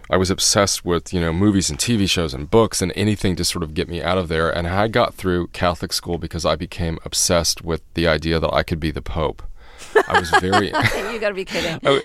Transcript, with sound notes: I was obsessed with, you know, movies and TV shows and books and anything to sort of get me out of there, and I got through Catholic school because I became obsessed with the idea that I could be the Pope. (Soundbite of laughter) I was very...
You got to be kidding.